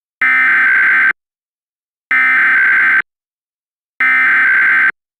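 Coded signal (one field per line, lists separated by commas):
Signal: Emergency Alert System (SAME) tones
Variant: header bursts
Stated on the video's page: Mock EAS Required Monthly Test for all of Texas, using valid EAS tones.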